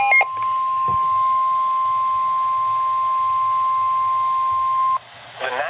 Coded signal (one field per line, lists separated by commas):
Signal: Emergency Alert System (SAME) tones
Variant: 1050 Hz attention tone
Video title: READ DESC. | What a Stormy July... 3rd Week of Severe T-Storms (EAS Alerts 116-122 Compilation)